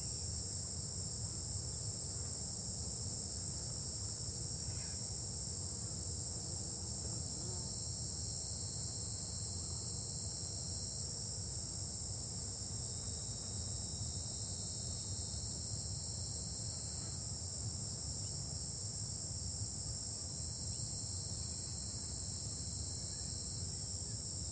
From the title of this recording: Nature Forest Trail